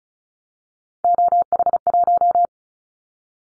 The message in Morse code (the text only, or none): OH1